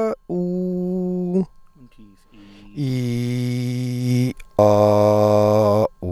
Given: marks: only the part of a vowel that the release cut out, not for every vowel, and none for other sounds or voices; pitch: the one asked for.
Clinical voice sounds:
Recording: sustained vowels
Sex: male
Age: 30 to 39 years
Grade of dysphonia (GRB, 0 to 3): 1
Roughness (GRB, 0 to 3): 1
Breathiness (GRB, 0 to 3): 0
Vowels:
0.35-1.33 s: vowel /u/, high pitch
3.05-4.08 s: vowel /i/, low pitch
4.67-5.81 s: vowel /a/, low pitch
From the record:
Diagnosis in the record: healthy voice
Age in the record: 37 years

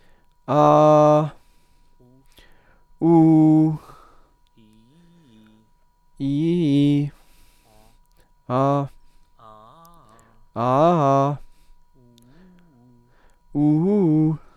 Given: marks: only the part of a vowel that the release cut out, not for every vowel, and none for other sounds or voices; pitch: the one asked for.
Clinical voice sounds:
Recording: sustained vowels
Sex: male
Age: 30 to 39 years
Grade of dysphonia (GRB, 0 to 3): 0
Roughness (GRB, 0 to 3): 0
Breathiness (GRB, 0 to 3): 0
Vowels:
0.58-1.16 s: vowel /a/, low pitch
3.09-3.64 s: vowel /u/, low pitch
6.28-6.97 s: vowel /i/, low-high-low pitch
10.66-11.25 s: vowel /a/, low-high-low pitch
13.62-14.26 s: vowel /u/, low-high-low pitch
From the record:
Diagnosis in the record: healthy voice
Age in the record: 30 years

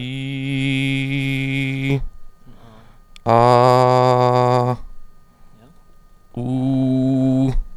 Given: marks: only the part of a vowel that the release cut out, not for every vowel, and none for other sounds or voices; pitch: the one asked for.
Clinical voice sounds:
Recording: sustained vowels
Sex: male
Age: 30 to 39 years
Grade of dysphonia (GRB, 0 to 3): 0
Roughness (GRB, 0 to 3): 0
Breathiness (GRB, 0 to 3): 0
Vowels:
0.00-1.25 s: vowel /i/, normal pitch
3.56-4.60 s: vowel /a/, normal pitch
6.51-7.44 s: vowel /u/, normal pitch
From the record:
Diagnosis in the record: healthy voice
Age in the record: 31 years

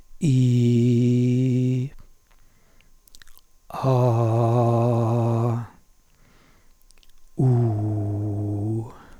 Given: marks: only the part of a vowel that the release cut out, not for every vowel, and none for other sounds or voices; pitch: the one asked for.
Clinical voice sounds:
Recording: sustained vowels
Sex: male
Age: 60 to 69 years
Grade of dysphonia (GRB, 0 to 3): 2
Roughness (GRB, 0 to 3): 2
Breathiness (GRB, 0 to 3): 2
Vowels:
0.60-1.71 s: vowel /i/, low pitch
4.69-5.57 s: vowel /a/, low pitch
7.73-8.68 s: vowel /u/, low pitch
From the record:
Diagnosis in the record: hypotonic dysphonia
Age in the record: 62 years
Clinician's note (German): Phonasthenisch mit verlängerter Schlußphase im hintern Drittel

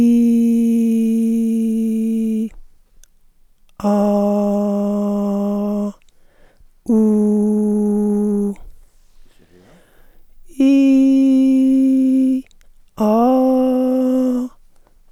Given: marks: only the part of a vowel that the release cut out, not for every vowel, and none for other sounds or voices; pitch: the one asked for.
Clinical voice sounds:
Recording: sustained vowels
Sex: female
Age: 40 to 49 years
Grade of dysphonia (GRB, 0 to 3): 2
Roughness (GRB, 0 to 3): 0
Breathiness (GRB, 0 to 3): 2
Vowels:
0.00-1.96 s: vowel /i/, normal pitch
3.92-5.05 s: vowel /a/, normal pitch
7.21-8.32 s: vowel /u/, normal pitch
10.67-11.80 s: vowel /i/, high pitch
13.28-14.37 s: vowel /a/, high pitch
From the record:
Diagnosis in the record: dysphonia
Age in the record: 46 years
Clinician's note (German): psychogene kompensierte Dysphonie bei Zustand nach Ödemabtragung

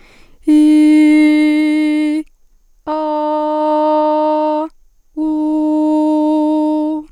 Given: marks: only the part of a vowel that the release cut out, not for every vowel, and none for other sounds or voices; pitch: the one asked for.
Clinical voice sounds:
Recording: sustained vowels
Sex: female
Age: 20 to 29 years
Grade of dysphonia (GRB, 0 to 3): 0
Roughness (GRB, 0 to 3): 0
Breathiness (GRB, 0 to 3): 0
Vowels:
0.66-2.04 s: vowel /i/, high pitch
3.05-4.50 s: vowel /a/, high pitch
5.36-6.88 s: vowel /u/, high pitch
From the record:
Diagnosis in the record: healthy voice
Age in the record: 21 years

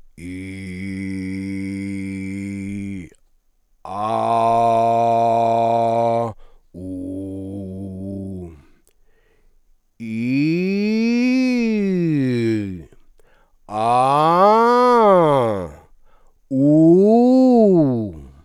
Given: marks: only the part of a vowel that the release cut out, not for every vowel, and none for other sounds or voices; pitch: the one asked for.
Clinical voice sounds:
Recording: sustained vowels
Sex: male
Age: 50 to 59 years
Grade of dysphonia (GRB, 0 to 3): 1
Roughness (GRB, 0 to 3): 1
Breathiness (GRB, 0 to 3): 0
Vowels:
0.78-2.70 s: vowel /i/, low pitch
4.17-6.17 s: vowel /a/, low pitch
6.92-8.34 s: vowel /u/, low pitch
10.40-12.38 s: vowel /i/, low-high-low pitch
13.91-15.51 s: vowel /a/, low-high-low pitch
16.62-17.95 s: vowel /u/, low-high-low pitch
From the record:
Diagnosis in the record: fibroma, hyperfunctional dysphonia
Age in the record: 59 years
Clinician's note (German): Subglottisches Fibrom mit leichter Hyperfunktion

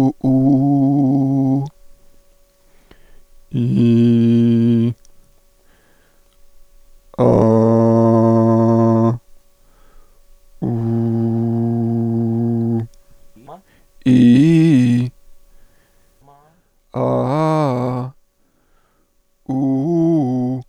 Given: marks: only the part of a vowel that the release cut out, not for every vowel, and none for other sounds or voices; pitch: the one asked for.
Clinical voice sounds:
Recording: sustained vowels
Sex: male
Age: 30 to 39 years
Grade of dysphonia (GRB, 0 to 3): 2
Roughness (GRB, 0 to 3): 2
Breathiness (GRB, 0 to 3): 2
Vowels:
0.32-1.49 s: vowel /u/, high pitch
3.86-4.77 s: vowel /i/, low pitch
7.45-9.04 s: vowel /a/, low pitch
10.82-12.70 s: vowel /u/, low pitch
14.12-14.97 s: vowel /i/, low-high-low pitch
17.06-17.96 s: vowel /a/, low-high-low pitch
19.58-20.50 s: vowel /u/, low-high-low pitch
From the record:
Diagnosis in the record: functional dysphonia, contact pachydermia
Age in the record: 37 years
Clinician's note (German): Kontaktpachydermie ohne "Kontaktpachydermie"

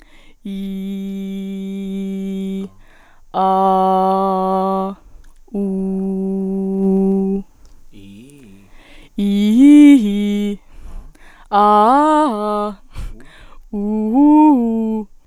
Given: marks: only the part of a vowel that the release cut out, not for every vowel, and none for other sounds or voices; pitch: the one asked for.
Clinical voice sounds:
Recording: sustained vowels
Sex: female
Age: 20 to 29 years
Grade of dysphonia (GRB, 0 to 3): 0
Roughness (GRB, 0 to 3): 0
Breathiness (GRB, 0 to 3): 0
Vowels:
0.59-2.44 s: vowel /i/, low pitch
3.42-4.81 s: vowel /a/, low pitch
5.64-7.21 s: vowel /u/, low pitch
9.24-10.47 s: vowel /i/, low-high-low pitch
11.62-12.67 s: vowel /a/, low-high-low pitch
13.77-14.96 s: vowel /u/, low-high-low pitch
From the record:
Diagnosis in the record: healthy voice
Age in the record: 21 years

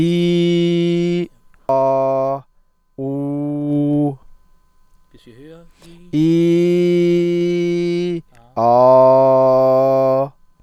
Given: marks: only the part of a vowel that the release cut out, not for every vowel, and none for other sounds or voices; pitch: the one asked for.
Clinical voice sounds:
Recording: sustained vowels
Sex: male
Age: 30 to 39 years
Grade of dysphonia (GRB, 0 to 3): 0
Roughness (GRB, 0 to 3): 0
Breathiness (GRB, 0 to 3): 0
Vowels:
0.00-1.15 s: vowel /i/, normal pitch
1.71-2.33 s: vowel /a/, normal pitch
3.05-4.03 s: vowel /u/, normal pitch
6.25-8.08 s: vowel /i/, high pitch
9.07-10.18 s: vowel /a/, high pitch
From the record:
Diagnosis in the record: healthy voice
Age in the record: 31 years

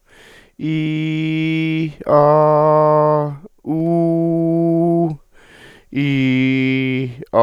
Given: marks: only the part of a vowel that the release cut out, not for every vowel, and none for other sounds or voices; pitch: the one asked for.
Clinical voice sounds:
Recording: sustained vowels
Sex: male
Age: 60 to 69 years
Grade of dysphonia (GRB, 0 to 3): 0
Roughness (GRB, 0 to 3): 0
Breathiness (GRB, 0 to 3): 0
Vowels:
0.76-1.78 s: vowel /i/, high pitch
2.20-3.20 s: vowel /a/, high pitch
3.85-5.01 s: vowel /u/, high pitch
6.02-6.99 s: vowel /i/, low pitch
From the record:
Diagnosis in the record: dysodia (singing voice disorder), contact pachydermia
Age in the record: 61 years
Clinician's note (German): Kontaktpachydermie ohne "Kontaktpachydermie"

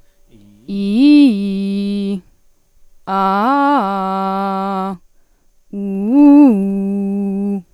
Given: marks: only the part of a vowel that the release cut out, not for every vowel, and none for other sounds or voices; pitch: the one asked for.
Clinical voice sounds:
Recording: sustained vowels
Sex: female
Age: 30 to 39 years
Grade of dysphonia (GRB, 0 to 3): 0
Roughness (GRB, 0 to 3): 0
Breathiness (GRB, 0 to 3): 0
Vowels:
0.79-1.91 s: vowel /i/, low-high-low pitch
3.22-4.63 s: vowel /a/, low-high-low pitch
5.85-7.28 s: vowel /u/, low-high-low pitch
From the record:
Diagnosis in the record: healthy voice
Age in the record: 30 years

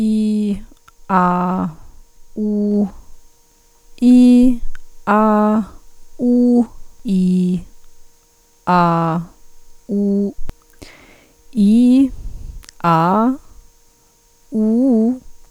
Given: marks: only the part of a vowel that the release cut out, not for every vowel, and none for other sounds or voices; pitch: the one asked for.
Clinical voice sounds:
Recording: sustained vowels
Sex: female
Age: 40 to 49 years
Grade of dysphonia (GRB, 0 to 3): 1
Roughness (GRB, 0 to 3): 1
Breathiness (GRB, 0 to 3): 0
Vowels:
0.00-0.51 s: vowel /i/, normal pitch
1.13-1.64 s: vowel /a/, normal pitch
14.57-15.09 s: vowel /u/, low-high-low pitch
From the record:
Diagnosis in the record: functional dysphonia, psychogenic dysphonia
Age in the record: 46 years

